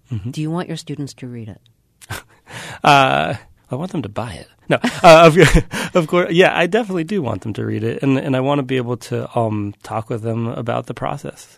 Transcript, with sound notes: Do you want your students to read it?
I want them to buy it. No. (Laughter) Of course, I definitely do want them to read it, and I want to be able to talk with them about the process.